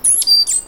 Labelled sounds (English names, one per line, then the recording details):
Stitchbird song
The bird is a male
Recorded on Tiritiri Matangi Island, New Zealand, in 2005
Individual 1, of nest box 1